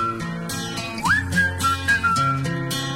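A bright whistled melody glides up and then sustains high, wavering notes over a steady pop backing of bass, chords and regular percussive hits.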